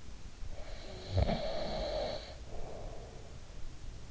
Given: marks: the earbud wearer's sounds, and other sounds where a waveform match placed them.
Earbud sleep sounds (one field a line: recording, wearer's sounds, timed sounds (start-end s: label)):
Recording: sounds in sleep by an in-ear microphone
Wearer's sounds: snoring breath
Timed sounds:
0.02-3.83 s: snoring breath